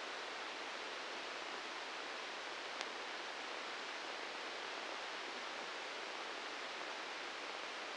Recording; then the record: brain microelectrode recording played as sound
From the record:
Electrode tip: inside the subthalamic nucleus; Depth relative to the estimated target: 0 mm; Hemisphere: right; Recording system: NeuroSet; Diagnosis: Parkinson's disease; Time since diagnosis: 19 years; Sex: female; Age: 69 years